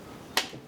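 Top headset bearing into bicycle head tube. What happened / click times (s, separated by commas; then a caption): The bearing snapped into its cup / 0.4 s. A top headset bearing is pushed by hand into the cup of a bicycle frame's head tube. A single sharp snap rings out at 0.4 s against a quiet background, and the bearing is seated in the cup.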